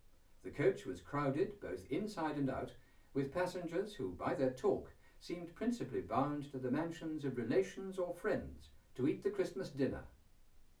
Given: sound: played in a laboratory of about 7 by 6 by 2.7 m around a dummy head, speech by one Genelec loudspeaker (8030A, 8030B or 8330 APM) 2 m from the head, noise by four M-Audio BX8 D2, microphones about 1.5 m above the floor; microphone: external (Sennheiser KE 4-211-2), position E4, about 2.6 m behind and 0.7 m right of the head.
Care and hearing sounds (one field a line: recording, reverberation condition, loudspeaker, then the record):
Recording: male speech in English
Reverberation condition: low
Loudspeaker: 60 degrees to the left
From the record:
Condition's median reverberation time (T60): about 310 ms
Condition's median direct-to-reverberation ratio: about 3.5 dB